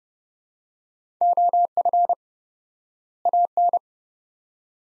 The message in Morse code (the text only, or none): OF AN